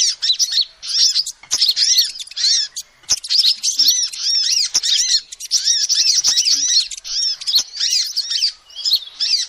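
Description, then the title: Lovebird chattering in quick, jittery phrases of high squeaky chirps and rising-falling notes, separated by short breaks, with faint clicks in between. Lovebird calls used as a lure (pikat) for trapping birds. "PIKAT BURUNG LOVEBIRD"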